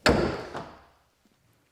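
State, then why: Not seated. A hinged storage cover on a Rivian R1T/R1S electric pickup is pushed shut in the middle, landing with a heavy thud at 0.1 s and a lighter knock near 0.6 s that rings down over the next half second. Neither side latch catches, so the cover has not latched. Only a faint tick follows at about 1.8 s.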